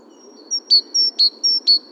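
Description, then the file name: Great tit calling in a steady, even run of high piercing notes, each pair a short click then a clear tone, roughly seven notes in two seconds. "Parus major"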